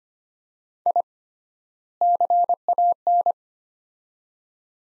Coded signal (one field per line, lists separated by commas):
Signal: Morse code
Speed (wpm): 25 wpm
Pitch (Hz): 700 Hz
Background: none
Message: I CAN